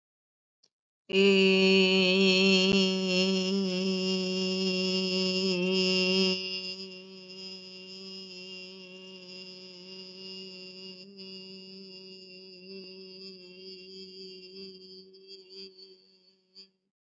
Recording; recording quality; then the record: sustained vowel as in made; excellent, no background noise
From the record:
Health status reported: healthy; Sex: female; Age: 48 years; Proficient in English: yes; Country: India